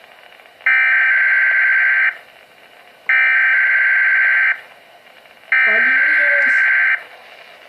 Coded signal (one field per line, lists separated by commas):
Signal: Emergency Alert System (SAME) tones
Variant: header bursts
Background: speech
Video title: Required Weekly Test WNG698 (EAS #7)